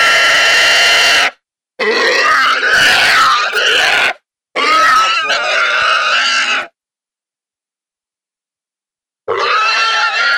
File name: Wild Hog Distress